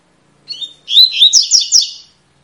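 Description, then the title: Double-collared seedeater song: a short rising note, then a run of bright warbled and whistled phrases with quick repeated slurred notes, about one and a half seconds long. Tui-tui song type, fibra (spirited) bird; teacher song used to train young birds. "COLEIRO TUI TUI FIBRA CANTO PROFESSOR"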